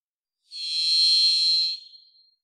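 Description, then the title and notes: Varied thrush singing a single sustained, vibrant whistle with a buzzy tone, holding one pitch for over a second before tapering off into quiet. Song; Pacific Northwest, Washington, United States; parabolic single-species recording, processed for clarity with natural pace and rhythm maintained. "Varied Thrush, clean. Varied Thrush, Ixoreus naevius, song. Recorded in the beautiful Pacific Northwest, Washington, United States"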